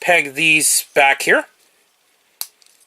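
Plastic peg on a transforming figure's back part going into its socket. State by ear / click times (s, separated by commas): seated / 2.4 s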